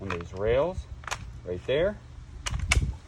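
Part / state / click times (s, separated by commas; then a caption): buttstock onto machine gun receiver rails / seated / 2.5 s, 2.7 s. A buttstock is slid down the rails at the rear of an M240 machine gun receiver until it locks into place, then tugged to check that it stays put. Someone talks through the first two seconds, then sharp metallic clicks ring out at 2.5 s and 2.7 s as the buttstock seats on the receiver rails.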